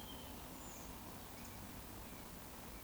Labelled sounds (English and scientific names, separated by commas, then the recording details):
Eurasian Woodcock (Scolopax rusticola) whistle
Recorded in Baden-Württemberg, Germany, on 12 June 2020 at 20:22 UTC
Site 14569, 102 m above sea level